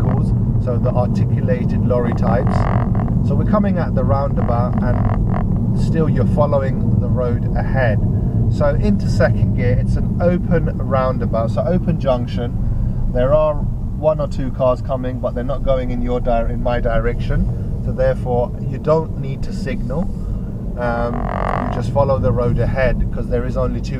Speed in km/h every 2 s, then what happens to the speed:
39, 37, 35, 31, 23, 16, 13, 16, 21, 23, 26, 24.
0-12 slows to 13. 12-19 speeds up to 26.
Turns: none.